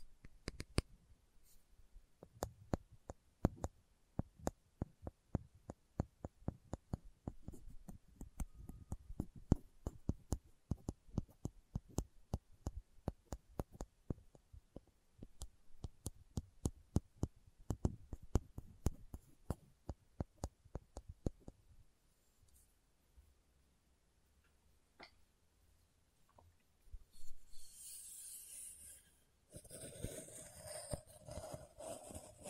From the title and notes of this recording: ASMR Slow Tapping for Deep Sleep (No Talking).